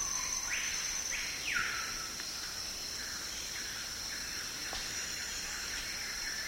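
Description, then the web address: Spotted antpitta song: a series of hollow, rising whistled notes that fade and soften over several seconds, with a steady high insect drone throughout. South America. "Natures Songs S America Spotted Antpitta"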